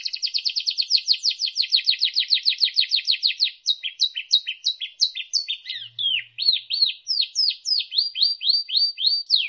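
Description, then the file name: Canary song: long run of rapid repeated high chirps, then varied sweeping notes, all high-pitched. Canary song used as isian, a training song for teaching other songbirds. "suara kenari isian omkicau"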